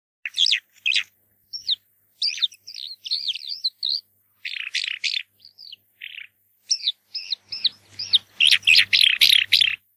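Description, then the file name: Eurasian skylark song: a high, twittering stream of varied chirps and trills, broken by short pauses and growing denser toward the end. "allodola"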